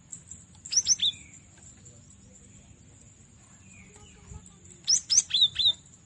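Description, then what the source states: Cinereous tit: two short groups of crisp, very high chirps, the second longer with slurred whistled notes, over a constant thin high whine and faint low rumble. Used as masteran training audio for captive songbirds.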